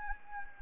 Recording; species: mosquito wingbeat signal from an infrared sensor; Anopheles arabiensis